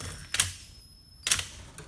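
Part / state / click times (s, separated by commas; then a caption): torque wrench on injector clamp bolt / torque reached / 0.3 s, 1.3 s. A click-type torque wrench tightens an injector clamp hold-down bolt on the diesel engine of a 150 Prado during injector replacement. Sharp clicks at 0.3 s and 1.3 s, each a quick double snap, confirm the wrench reached its torque setting, and a fainter tick follows near 1.8 s.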